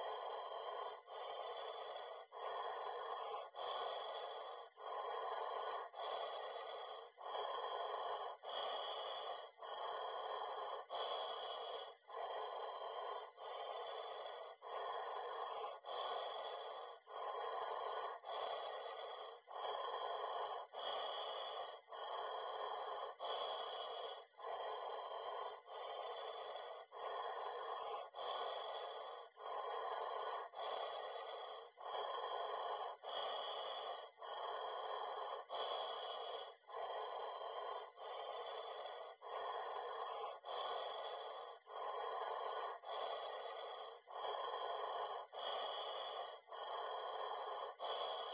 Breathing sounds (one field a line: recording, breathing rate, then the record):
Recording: paced breathing near a phone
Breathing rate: 24 breaths a minute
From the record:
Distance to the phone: 40 cm